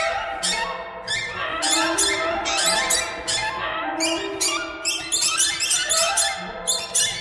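Birds chattering, harsh squeaky harmonic chirps overlapping in quick bursts throughout, with no other clear sounds.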